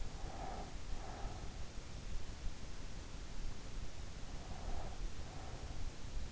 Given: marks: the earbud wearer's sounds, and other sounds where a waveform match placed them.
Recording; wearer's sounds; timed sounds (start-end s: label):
sounds in sleep by an in-ear microphone; breath
0.00-1.89 s: breath
4.33-6.32 s: breath